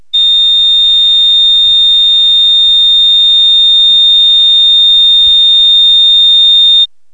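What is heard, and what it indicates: An unbroken, steady high-pitched electronic tone lasts about seven seconds with no beats or pauses. This is a sound-effect imitation of a cardiac monitor's flatline alarm, which signals that no heartbeat is detected (asystole).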